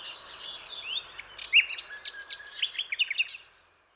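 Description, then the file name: Common nightingale in a short burst of high sliding whistles and sharp clicking notes in quick succession, fading out at the end. "Luscinia megarhynchos"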